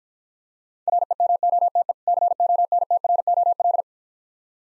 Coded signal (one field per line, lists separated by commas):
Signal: Morse code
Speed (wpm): 49 wpm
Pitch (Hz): 700 Hz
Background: none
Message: REMOTE CONTROL